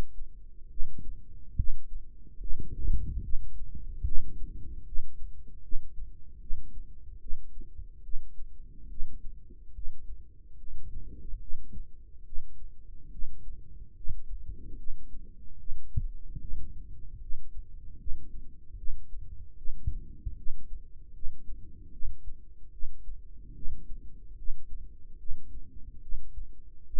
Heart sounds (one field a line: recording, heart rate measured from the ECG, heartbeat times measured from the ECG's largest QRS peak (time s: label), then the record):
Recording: heart sounds by microphone in the right ear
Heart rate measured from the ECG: 73 bpm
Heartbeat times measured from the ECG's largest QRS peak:
0.70 s: heartbeat
1.57 s: heartbeat
2.40 s: heartbeat
3.22 s: heartbeat
4.05 s: heartbeat
4.85 s: heartbeat
5.62 s: heartbeat
6.40 s: heartbeat
7.20 s: heartbeat
8.03 s: heartbeat
8.90 s: heartbeat
9.74 s: heartbeat
10.57 s: heartbeat
11.41 s: heartbeat
12.25 s: heartbeat
13.11 s: heartbeat
13.95 s: heartbeat
14.77 s: heartbeat
15.59 s: heartbeat
16.40 s: heartbeat
17.21 s: heartbeat
17.99 s: heartbeat
18.77 s: heartbeat
19.57 s: heartbeat
20.37 s: heartbeat
21.14 s: heartbeat
21.92 s: heartbeat
22.72 s: heartbeat
23.55 s: heartbeat
24.37 s: heartbeat
25.18 s: heartbeat
26.02 s: heartbeat
26.86 s: heartbeat
From the record:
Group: healthy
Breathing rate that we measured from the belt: 17 breaths a minute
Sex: male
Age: 55 years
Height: 167 cm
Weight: 57.2 kg